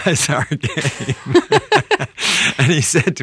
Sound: soundbite of laughter

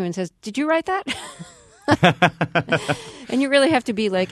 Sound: soundbite of laughter

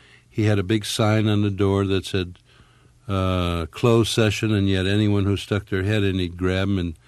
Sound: none

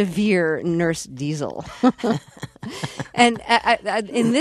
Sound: soundbite of laughter

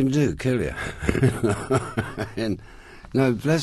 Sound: soundbite of laughter

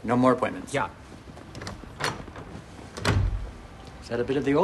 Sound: soundbite of door closing

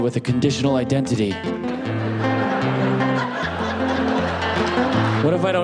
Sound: soundbite of laughter

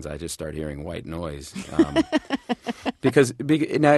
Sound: soundbite of laughter

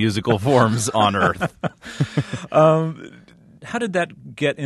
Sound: soundbite of laughter

